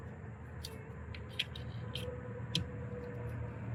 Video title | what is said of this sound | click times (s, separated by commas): Hyundai SantaFe Remote Start (2019–2023) Install Guide - MyKey Premium | Just like this, make sure it clicks. | 2.6 s